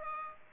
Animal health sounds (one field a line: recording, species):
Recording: mosquito wingbeat signal from an infrared sensor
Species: Aedes aegypti